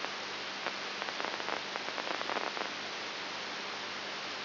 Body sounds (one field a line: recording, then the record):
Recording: brain microelectrode recording played as sound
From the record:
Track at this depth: inside the subthalamic nucleus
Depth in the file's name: 6.501 mm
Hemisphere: left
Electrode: 3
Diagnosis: Parkinson's disease